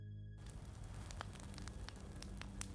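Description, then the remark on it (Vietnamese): A fire of a few dry firewood sticks, lit in the corner of a kitchen, crackles steadily, with sharp pops and snaps scattered over a low, continuous roar of burning; no voices, after a brief quiet start. “Nó hấp tấp chạy đến góc bếp, lục mấy thanh củi khô châm lửa.”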